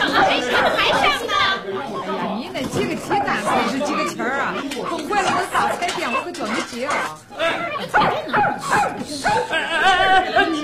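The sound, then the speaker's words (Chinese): A dog that has been gnawing at someone's bundle barks and yips in short bursts amid a crowd of loud, overlapping voices arguing and shouting over one another, in the radio drama series 'Xiangli Xiangqin Zhu Gaolou'. “你没见你那狗啃俺那包袱吗？”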